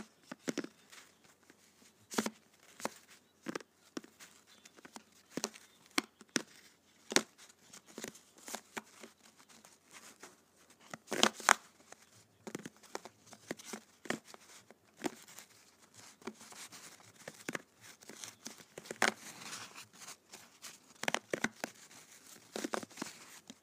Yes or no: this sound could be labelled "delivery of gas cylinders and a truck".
no